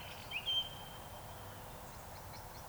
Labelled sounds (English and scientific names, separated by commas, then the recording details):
Eurasian Woodcock (Scolopax rusticola) whistle
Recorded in Baden-Württemberg, Germany, on 26 June 2021 at 19:58 UTC
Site 45499, 200 m above sea level